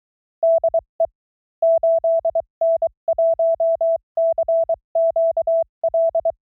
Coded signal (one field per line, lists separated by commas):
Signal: Morse code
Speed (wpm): 23 wpm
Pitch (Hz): 660 Hz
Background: none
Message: DE 8N1CQL